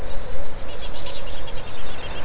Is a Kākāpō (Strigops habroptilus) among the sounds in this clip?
no